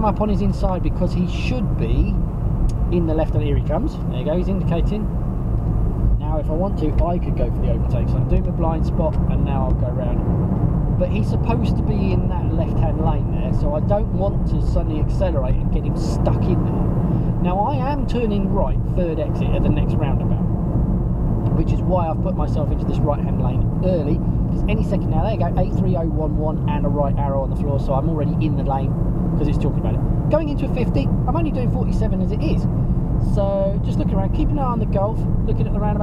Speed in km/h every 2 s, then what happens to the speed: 56, 60, 63, 72, 81, 92, 95, 93, 89, 84, 79, 77, 72, 71, 69, 69, 72, 69.
0-11 speeds up to 95. 11-24 slows to 72. 24-36 steady at about 69.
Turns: none.